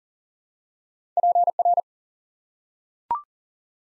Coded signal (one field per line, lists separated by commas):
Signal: Morse code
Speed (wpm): 40 wpm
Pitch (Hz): 700 Hz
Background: none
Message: PR